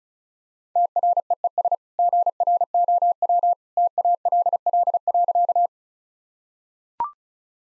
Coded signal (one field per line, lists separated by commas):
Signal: Morse code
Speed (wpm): 36 wpm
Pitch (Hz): 700 Hz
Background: none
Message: TREES GROW TALL.